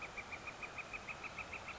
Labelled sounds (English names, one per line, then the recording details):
Northern Flicker
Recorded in Sonoma County, California